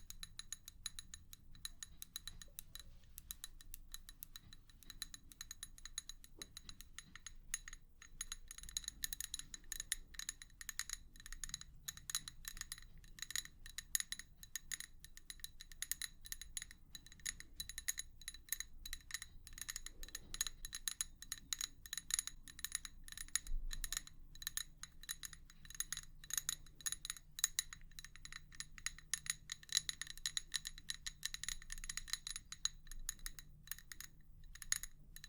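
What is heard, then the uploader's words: Rapid, continuous tapping runs for the whole clip, a dense stream of small, sharp, bright clicks with a clinking, glassy edge. The pace stays busy and uneven throughout, over a soft low hum underneath. 100% Tapping.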